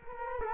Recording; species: mosquito wingbeat signal from an infrared sensor; Culex quinquefasciatus